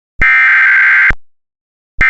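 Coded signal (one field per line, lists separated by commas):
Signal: Emergency Alert System (SAME) tones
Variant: header bursts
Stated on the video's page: Mock (simulated) EAS alert.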